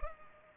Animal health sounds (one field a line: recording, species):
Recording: mosquito wingbeat signal from an infrared sensor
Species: Culex pipiens